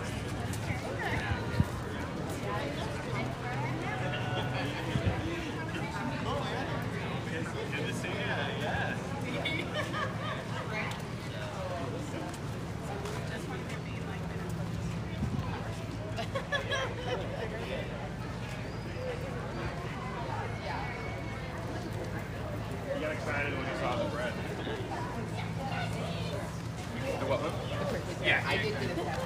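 People talk at a farmers market, many overlapping voices forming a steady, dense murmur for the whole stretch. A low hum runs underneath throughout, and occasional brighter voices and small clatters pop out, with a sharper knock near the start.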